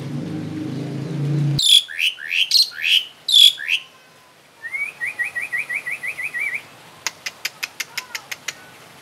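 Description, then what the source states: Asian pied starling phrases: a low droning hum first, then loud harsh chirps, a quick series of about a dozen even notes, and a run of sharp clicks. Indonesian name Jalak Suren; labelled Suren Teler.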